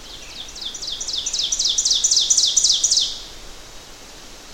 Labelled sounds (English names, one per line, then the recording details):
Ovenbird song
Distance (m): 25 m
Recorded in boreal forest in Alberta, Canada, on 12 June 2016 at 06:55
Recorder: SongMeter 3, array SBT-3-18
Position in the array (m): 257 m, 102 m
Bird 31